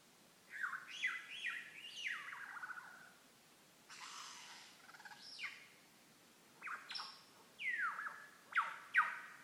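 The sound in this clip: Lyrebird song: looping downward-slurred whistles, a harsh rasping burst, then sharp descending whip notes, in an uneven, varied sequence.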